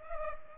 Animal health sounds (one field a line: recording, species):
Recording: mosquito wingbeat signal from an infrared sensor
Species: Culex pipiens